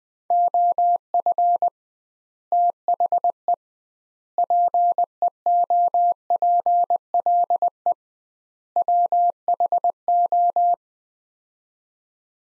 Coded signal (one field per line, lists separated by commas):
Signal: Morse code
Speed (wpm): 20 wpm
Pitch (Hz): 700 Hz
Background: none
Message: OF THE PEOPLE WHO